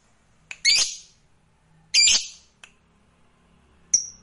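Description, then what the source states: Lovebird with two harsh grating squawks followed by a short sharp high whistle. Fighter lovebird singing energetically (gacor).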